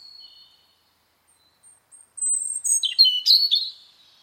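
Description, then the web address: Bird song: thin, steady high whistles, a short gap, then a quick, jangling, twittering phrase of sliding notes. "cianscape birddata Deverinetal 2025 File origin Bird Only"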